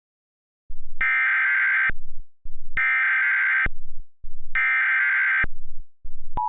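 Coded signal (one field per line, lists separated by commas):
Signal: Emergency Alert System (SAME) tones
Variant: header bursts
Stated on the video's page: EAS tones in a remake of a 911 telephone outage emergency alert in Georgia.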